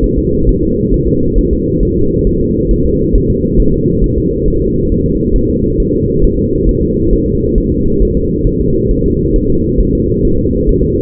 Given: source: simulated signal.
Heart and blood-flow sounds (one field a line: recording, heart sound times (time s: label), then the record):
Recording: fetal heart sounds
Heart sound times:
0.04 s: S1
0.19 s: S2
0.49 s: S1
0.63 s: S2
0.94 s: S1
1.08 s: S2
1.38 s: S1
1.53 s: S2
1.83 s: S1
1.97 s: S2
2.27 s: S1
2.41 s: S2
2.71 s: S1
2.86 s: S2
3.16 s: S1
3.30 s: S2
3.60 s: S1
3.74 s: S2
4.04 s: S1
4.18 s: S2
4.48 s: S1
4.62 s: S2
4.92 s: S1
5.06 s: S2
5.36 s: S1
5.50 s: S2
5.80 s: S1
5.94 s: S2
6.24 s: S1
6.39 s: S2
6.69 s: S1
6.83 s: S2
7.13 s: S1
7.28 s: S2
7.58 s: S1
7.72 s: S2
8.02 s: S1
8.17 s: S2
8.47 s: S1
8.61 s: S2
8.91 s: S1
9.06 s: S2
9.36 s: S1
9.50 s: S2
9.80 s: S1
9.95 s: S2
10.25 s: S1
10.39 s: S2
10.69 s: S1
10.84 s: S2
From the record:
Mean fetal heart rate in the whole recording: 135 bpm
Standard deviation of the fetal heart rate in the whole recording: 3 bpm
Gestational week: 36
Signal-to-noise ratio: -15.3 dB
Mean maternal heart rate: 72 bpm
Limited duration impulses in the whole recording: present